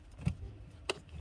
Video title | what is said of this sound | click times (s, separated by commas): CustomEasy a Avaliação completa: Vale a Pena Comprar? | e encaixou Olha só quando encaixa liga uma luzinha bonitinha agora | 0.9 s